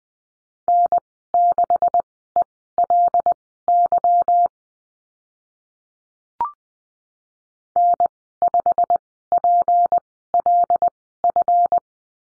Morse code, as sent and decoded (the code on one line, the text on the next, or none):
-. -.... . .-.. -.-- / -. ..... .--. .-.. ..-.
N6ELY N5PLF